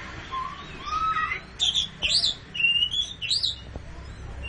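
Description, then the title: Long-tailed shrike song: soft low whistles at first, then louder chirped and slurred notes. "Kicau Burung Pentet"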